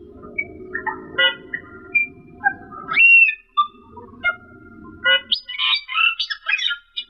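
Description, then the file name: Camperling song: soft whistles over low rumble, then loud upswept whistles and a burst of rich chattering notes. Masteran song, used as a training recording to teach songbirds to sing. "camperling omkicau"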